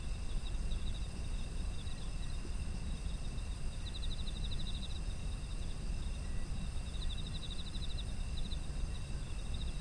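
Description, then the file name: Insects calling with rapid pulsed chirping bursts spaced a few seconds apart, above steady high insect tones and a continuous low rumble. Ambient sound of autumn insects. "秋の虫の環境音"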